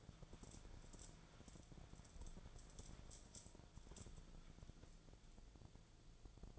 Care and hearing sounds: daily activity, microphone in the room; wipe stove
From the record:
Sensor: 5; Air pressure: 1000.6 hPa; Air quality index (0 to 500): 162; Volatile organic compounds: 2 ppm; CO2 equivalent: 1246 ppm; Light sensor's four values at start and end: 47/99/45/50 and 48/102/46/52

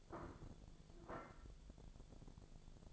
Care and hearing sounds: daily activity, microphone in the room; place plate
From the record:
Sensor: 5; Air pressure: 1000.3 hPa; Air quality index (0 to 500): 121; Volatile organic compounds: 1 ppm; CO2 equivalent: 962 ppm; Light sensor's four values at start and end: 104/246/105/114 and 104/246/105/113

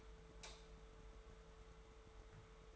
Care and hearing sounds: daily activity, microphone in the room; light off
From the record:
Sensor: 3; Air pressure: 1014.7 hPa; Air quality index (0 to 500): 191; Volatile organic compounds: 23 ppm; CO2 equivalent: 2791 ppm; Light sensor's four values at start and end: 45/114/49/52 and 42/106/45/49

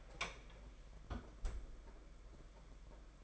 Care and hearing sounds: daily activity, microphone in the room; close fridge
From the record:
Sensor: 5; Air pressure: 992.0 hPa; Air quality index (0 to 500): 201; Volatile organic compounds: 1000 ppm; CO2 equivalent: 5788 ppm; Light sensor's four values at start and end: 30/101/38/40 and 30/102/38/40

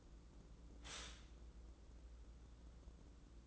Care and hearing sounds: daily activity, microphone in the room; stop toaster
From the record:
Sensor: 3

